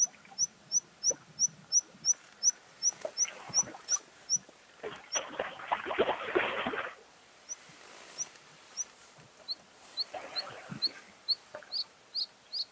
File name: gorge bleue